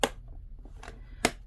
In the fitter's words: Not as uh reassuring of a snap on these, but they do snap in place over this plastic nubbing.